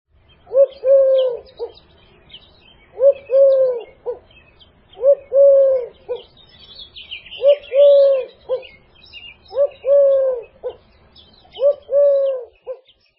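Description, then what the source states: Eurasian Collared-Dove cooing: six three-note phrases on one pitch, with faint chirps of other birds. Coo can be variable, but the triplicate pattern is distinctive; notes typically on the same pitch; triplicates given singly or strung in long series; mnemonic 'No fair, Mom'.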